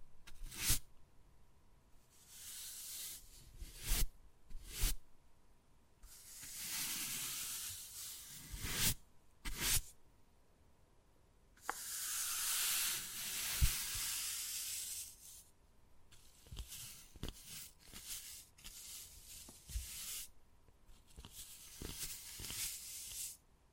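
Wood carving with sharp taps and bursts of bright scraping and scratching, the longest around six and twelve seconds, between quiet pauses.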